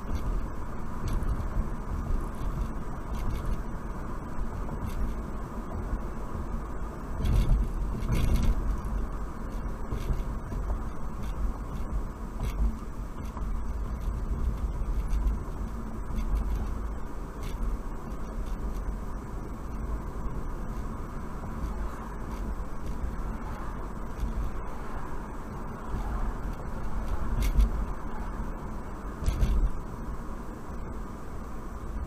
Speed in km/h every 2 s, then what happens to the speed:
61, 61, 61, 60, 56, 55, 53, 52, 53, 55, 55, 55, 56, 56, 56, 56.
0-5 steady at about 61. 5-12 slows to 53. 12-32 steady at about 55.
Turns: none.